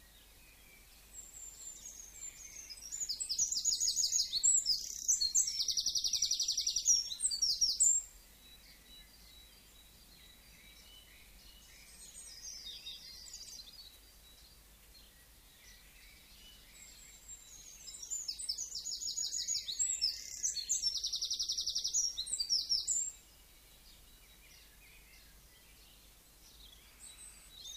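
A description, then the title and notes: Early morning birdsong outdoors: two long bright bursts of rapid, twittering song, near 3–8 seconds and 18–23 seconds, over quiet background hiss. Dawn chorus, Sussex, May (while planes grounded).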